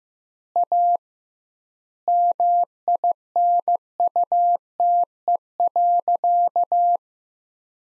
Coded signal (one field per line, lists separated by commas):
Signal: Morse code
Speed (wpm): 15 wpm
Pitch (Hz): 700 Hz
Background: none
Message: A MINUTE.